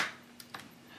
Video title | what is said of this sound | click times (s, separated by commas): How to install memory in your laptop | There we go, there's my click. | 0.4 s, 0.6 s